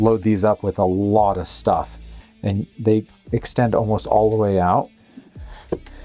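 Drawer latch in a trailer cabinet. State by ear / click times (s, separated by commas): seated / 5.7 s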